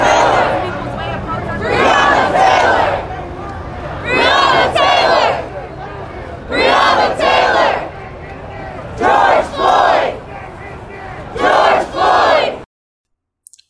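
A crowd at a peaceful protest in New York City chants in loud, rhythmic bursts, a shouted phrase every two to three seconds, with a steady murmur of voices between them. The sound cuts off abruptly near the end, leaving silence and a faint click.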